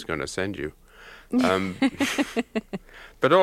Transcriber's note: soundbite of laughter